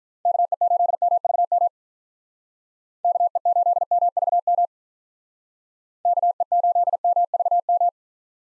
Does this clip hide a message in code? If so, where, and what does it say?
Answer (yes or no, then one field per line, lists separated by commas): yes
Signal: Morse code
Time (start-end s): 0.3-7.9 s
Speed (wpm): 46 wpm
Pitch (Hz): 700 Hz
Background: none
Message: KE8MVM KE8MVM KE8MVM